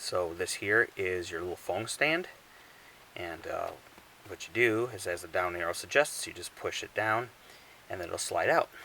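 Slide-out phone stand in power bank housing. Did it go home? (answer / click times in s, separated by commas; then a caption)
no / none. Someone talks while handling the small plastic slide-out phone stand in a solar power bank's housing, pushing it down so it will slide out. Only speech with short pauses is heard, and nothing has clicked or seated into its detent stop yet.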